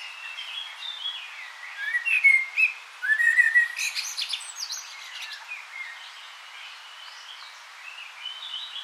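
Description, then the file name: Common blackbird song: fluted warbling phrases near the middle followed by thin high twitters, with softer bird chatter throughout. "Turdus merula"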